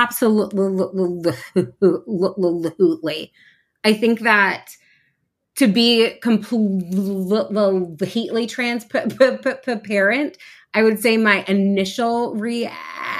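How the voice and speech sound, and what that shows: A woman speaking with repeated sounds, stretched consonants and silent blocks mid-word, typical of stuttering.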